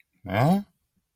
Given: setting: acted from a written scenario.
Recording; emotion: vocal sound without words; confusion